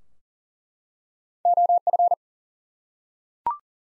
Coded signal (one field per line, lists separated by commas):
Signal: Morse code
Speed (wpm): 40 wpm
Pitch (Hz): 700 Hz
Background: none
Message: OF